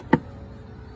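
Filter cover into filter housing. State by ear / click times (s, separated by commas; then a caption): seated / 0.1 s. A vehicle's plastic filter cover is pushed back into its filter housing and seats with one sharp snap at 0.1 s. The rest of the clip is a quiet, low background hum.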